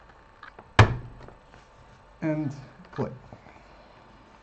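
A second RAM module is slid into its DIMM slot on a motherboard and pressed home until the latches click with a sharp snap at 0.8 s, seating it so both memory modules are secured. Someone talks briefly afterward.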